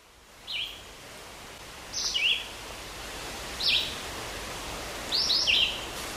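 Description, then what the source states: Red-eyed Vireo song: short, high slurred phrases separated by pauses of just over a second, over steady background hiss. Played recording; sings at this time of year, one of the few birds that still does; song described as a melody with some up and down to it.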